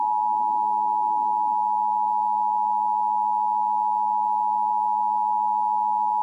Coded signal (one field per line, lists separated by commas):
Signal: Emergency Alert System (SAME) tones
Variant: 853 and 960 Hz attention tone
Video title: EAS Scenario: Riot Reaping In Minnesota